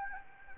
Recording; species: mosquito wingbeat signal from an infrared sensor; Anopheles gambiae